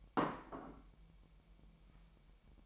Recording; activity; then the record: daily activity, microphone in the room; place plate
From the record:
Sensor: 1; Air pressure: 1002.0 hPa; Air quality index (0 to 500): 243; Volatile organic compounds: 48 ppm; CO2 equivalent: 3274 ppm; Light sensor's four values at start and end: 8/28/10/11 and 8/28/10/11